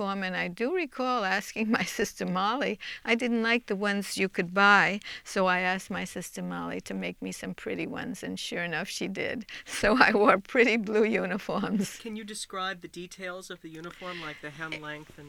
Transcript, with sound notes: And I do recall asking my sister Molly, I didn't like the ones you could buy so I asked my sister Molly to make me some pretty ones and, sure enough, she did. So I wore pretty, blue uniforms. (she laughs)
Can you describe the details of the uniform, like the hem length and the...